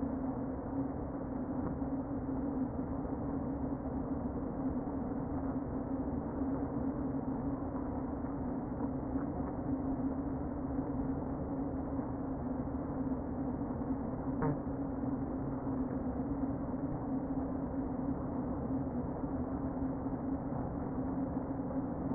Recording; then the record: honeybee colony, microphone inside the hive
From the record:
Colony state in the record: queen present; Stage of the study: before two queens were removed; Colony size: about 60,000 bees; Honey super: yes